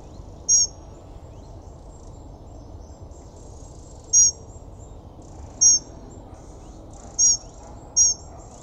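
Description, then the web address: Bird calls: short, very high, sharp chirps repeated at irregular intervals over faint low background noise. "WILDLIFEXSOUNDSXXXBIRDSXXC"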